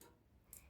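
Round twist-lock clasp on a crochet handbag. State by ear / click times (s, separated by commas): released / 0.0 s, 0.5 s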